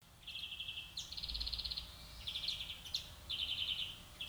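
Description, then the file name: European greenfinch twittering in fast, rattling trill phrases with only brief pauses, over a low rumble of background noise. "Chloris chloris"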